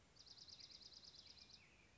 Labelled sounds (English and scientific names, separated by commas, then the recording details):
Dark-eyed Junco (Junco hyemalis)
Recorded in Sonoma County, California